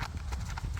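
A .380 ACP cartridge is handled against a metal .380 ACP moon clip for a revolver, producing soft rubbing, scraping and light tapping over a low rumble, with one sharper tap at about 0.6 s. Nothing has seated or clicked into the moon clip yet; the cartridge is not yet home.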